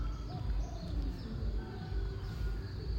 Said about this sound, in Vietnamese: Chim bồ trao hót không ngừng